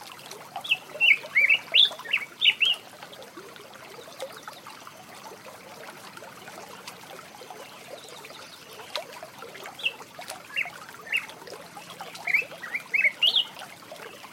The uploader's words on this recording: Trout Creek Morning. Recoding just after Dawn in Pike National Forest Colorado. The dense brush near a quiet creek is a perfect haven for spring birds. Recorded with Spatial Audio’s Spatial mic - 2nd Order Ambisonics. Decoded to Binaural.